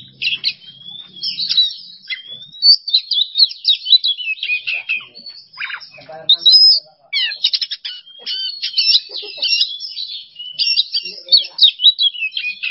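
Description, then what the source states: Oriental magpie-robin singing in bursts of sharp, varied high notes, squeaky slurs and rapid chatter, separated by short pauses. Masteran training recording for songbirds; kacer song in 'bongkar isian emosi' style.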